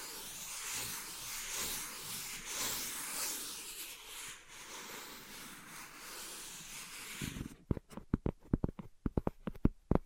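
Steady hissy scratching fills the first seven seconds, then gives way to a quick irregular run of sharp, loud taps until the end.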